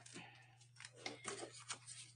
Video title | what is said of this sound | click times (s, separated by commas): BP Jewelry Shopping Channel | All right, carabiner works. It locked into place. | 1.1 s